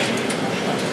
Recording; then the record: background sound without coughing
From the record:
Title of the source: Office Sounds Ambience - Background Noise for Study and Work